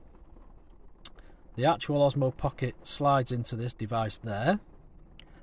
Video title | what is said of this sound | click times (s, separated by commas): New kit, and van updates. | and it locks into place so it basically doesn't go anywhere okay so | 5.2 s